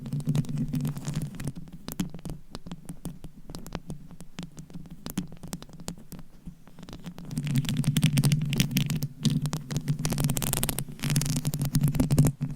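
Mic tapping and scratching, with dense, irregular taps and scrapes crowding the whole stretch over a steady low hum. The sound thins and quiets around six seconds, then grows louder and busier from about seven seconds, with bright scratchy bursts near ten and twelve seconds.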